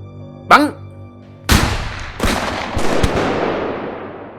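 A brief shouted voice is followed by a loud volley of CKC rifle gunshots fired at three people, several sharp cracks overlapping in quick succession and leaving a long rumbling wash that slowly fades.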